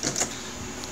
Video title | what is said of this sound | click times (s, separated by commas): Gator Case Monitor Hack for Blackmagic Monitor and Tricaster | pops right up locks | 0.8 s